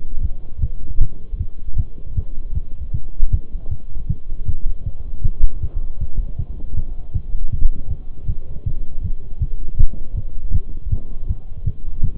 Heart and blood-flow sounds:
heart sounds by stethoscope; between the tricuspid and mitral areas; 158 bpm
0.24 s: heartbeat
0.62 s: heartbeat
1.01 s: heartbeat
1.40 s: heartbeat
1.78 s: heartbeat
2.17 s: heartbeat
2.55 s: heartbeat
2.94 s: heartbeat
3.33 s: heartbeat
3.71 s: heartbeat
4.09 s: heartbeat
4.48 s: heartbeat
4.86 s: heartbeat
5.25 s: heartbeat
5.63 s: heartbeat
6.01 s: heartbeat
6.39 s: heartbeat
6.77 s: heartbeat
7.15 s: heartbeat
7.53 s: heartbeat
7.91 s: heartbeat
8.28 s: heartbeat
8.66 s: heartbeat
9.04 s: heartbeat
9.42 s: heartbeat
9.79 s: heartbeat
10.17 s: heartbeat
10.54 s: heartbeat
10.92 s: heartbeat
11.29 s: heartbeat
11.66 s: heartbeat
12.04 s: heartbeat
From the record:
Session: Bruce protocol treadmill stress test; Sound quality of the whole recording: partially saturated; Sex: male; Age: 23 years

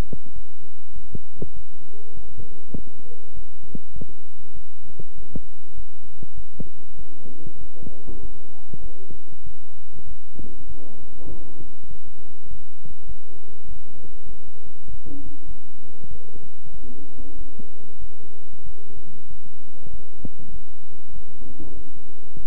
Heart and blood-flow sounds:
heart sounds by stethoscope; between the tricuspid and mitral areas; 98 bpm
0.34 s: heartbeat
0.93 s: heartbeat
1.54 s: heartbeat
2.15 s: heartbeat
2.76 s: heartbeat
3.34 s: heartbeat
3.94 s: heartbeat
4.55 s: heartbeat
5.16 s: heartbeat
5.75 s: heartbeat
6.35 s: heartbeat
6.97 s: heartbeat
7.59 s: heartbeat
8.21 s: heartbeat
8.82 s: heartbeat
9.44 s: heartbeat
10.07 s: heartbeat
10.67 s: heartbeat
11.28 s: heartbeat
11.89 s: heartbeat
12.49 s: heartbeat
13.07 s: heartbeat
13.67 s: heartbeat
14.27 s: heartbeat
14.87 s: heartbeat
15.47 s: heartbeat
16.09 s: heartbeat
16.72 s: heartbeat
17.37 s: heartbeat
18.00 s: heartbeat
18.64 s: heartbeat
19.28 s: heartbeat
19.91 s: heartbeat
20.52 s: heartbeat
21.14 s: heartbeat
21.75 s: heartbeat
22.35 s: heartbeat
From the record:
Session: bicycle stress test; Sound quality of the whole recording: good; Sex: male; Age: 23 years

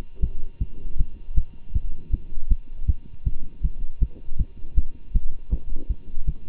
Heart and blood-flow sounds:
heart sounds by stethoscope; between the tricuspid and mitral areas; 159 bpm
0.20 s: heartbeat
0.59 s: heartbeat
0.97 s: heartbeat
1.34 s: heartbeat
1.73 s: heartbeat
2.11 s: heartbeat
2.48 s: heartbeat
2.86 s: heartbeat
3.24 s: heartbeat
3.62 s: heartbeat
3.99 s: heartbeat
4.38 s: heartbeat
4.75 s: heartbeat
5.13 s: heartbeat
5.50 s: heartbeat
5.88 s: heartbeat
6.26 s: heartbeat
From the record:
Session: Bruce protocol treadmill stress test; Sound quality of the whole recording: good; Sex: male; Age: 25 years

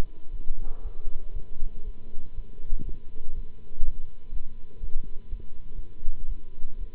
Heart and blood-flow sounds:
heart sounds by stethoscope; between the tricuspid and mitral areas; 121 bpm
0.30 s: heartbeat
0.81 s: heartbeat
1.32 s: heartbeat
1.83 s: heartbeat
2.34 s: heartbeat
2.84 s: heartbeat
3.33 s: heartbeat
3.82 s: heartbeat
4.31 s: heartbeat
4.79 s: heartbeat
5.28 s: heartbeat
5.73 s: heartbeat
6.26 s: heartbeat
6.77 s: heartbeat
From the record:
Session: Bruce protocol treadmill stress test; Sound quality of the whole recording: good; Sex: male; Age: 26 years

